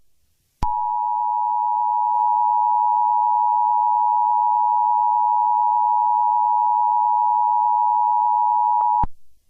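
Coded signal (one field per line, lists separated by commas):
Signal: Emergency Alert System (SAME) tones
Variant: 853 and 960 Hz attention tone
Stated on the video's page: Self-made mock Emergency Alert System scenario; the alert is simulated, not a real broadcast.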